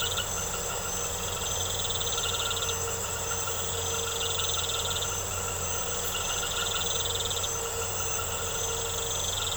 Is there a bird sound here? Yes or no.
no